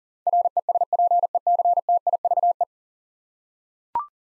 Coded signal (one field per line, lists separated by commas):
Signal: Morse code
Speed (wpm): 38 wpm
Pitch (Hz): 700 Hz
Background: none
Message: RESPECTIVE